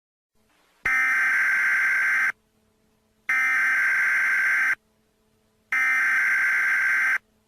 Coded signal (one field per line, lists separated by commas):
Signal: Emergency Alert System (SAME) tones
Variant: header bursts